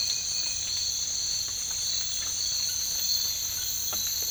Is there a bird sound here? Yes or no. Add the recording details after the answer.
no. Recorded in dense forest near Puerto Asís, Putumayo, Colombia, on 19 March 2025 at 03:00. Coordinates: 0.485, -76.318. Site G056